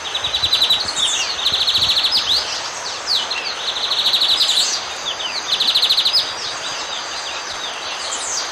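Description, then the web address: Lesson's seedeater giving repeated rapid high trills, about four bursts of quick ticking notes with short chirps between them, over a constant hiss. Recorded in the eastern lowlands of South America. "Natures Songs S America Eastern Lowlands. Lesson's Seedeater"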